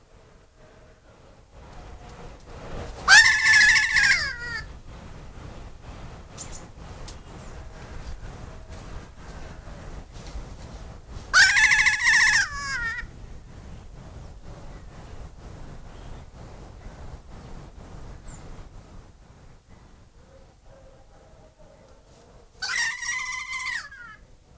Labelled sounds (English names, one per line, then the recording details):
Kea call
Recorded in captivity
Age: adult
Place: Zoo Berlin, Berlin, DE
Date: 2002-01-03 13:49
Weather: heiter, -6°C
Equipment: Marantz CP 130, Sennheiser MKH 416, Kopie Uher 4000 Report Monitor
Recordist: Tembrock, Günter